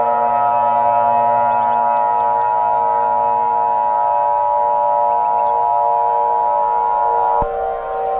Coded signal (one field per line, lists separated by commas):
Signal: Emergency Alert System (SAME) tones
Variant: 853 and 960 Hz attention tone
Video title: EAS Scenario #6: The Asteroid